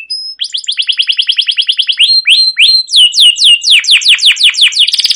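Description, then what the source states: Canary song opening with a thin whistle, then a rapid pulsed trill, swooping repeated whistles, and a final buzzy rattle. Canary giving a long, energetic rolling chirping song (masteran) used to prompt other canaries to sing.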